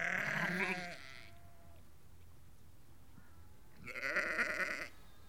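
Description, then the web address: Sheep bleating: a wavering bleat at the start, a quiet gap, then a second strong bleat near the end. About 30 to 50 ewes and lambs calling. "The BBC Sound Effects Library Livestock About 30-50 Ewes and Lambs Calling"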